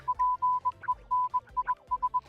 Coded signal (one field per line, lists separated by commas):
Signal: Morse code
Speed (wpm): 21 wpm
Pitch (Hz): 1000 Hz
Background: music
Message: PENIS